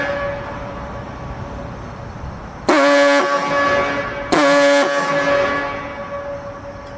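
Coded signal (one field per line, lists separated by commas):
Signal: coded fire alarm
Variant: Gamewell diaphone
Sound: two short, deep, buzzy horn blasts about a second apart over steady hiss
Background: steady background hiss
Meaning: Calls out the fire brigade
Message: 2 short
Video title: Siren signal "FIRE" (USA 🇺🇸) | Gamewell Diaphone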